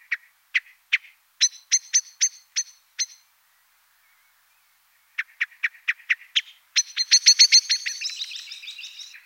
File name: Merle noir